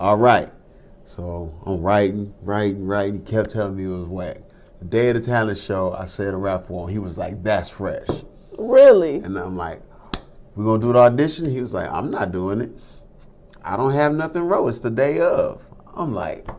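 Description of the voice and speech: Adult man with a speech impediment, stuttering like Porky Pig, telling a story. He repeats a word three times ('writing, writing, writing') and stretches a sound, signs of stuttering.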